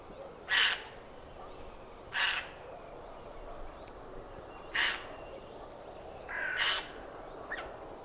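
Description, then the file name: Eurasian jay giving harsh, rasping screeches: four short noisy bursts and a fainter fifth, irregularly spaced over about eight seconds. "Garrulus glandarius"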